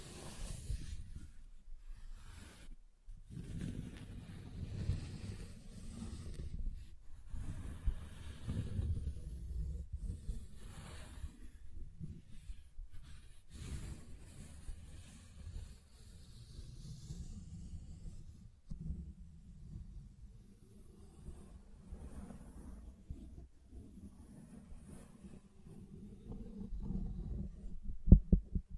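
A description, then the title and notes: Wood triggers, a low, close-miked run of scraping, rubbing and tapping on wood. The sound stays mostly low and muffled, in uneven bursts with brief silent gaps around 2–3 and 13–14 seconds. A couple of sharper knocks come near the end. ASMR Calming Wood Triggers for Sleep (No Talking).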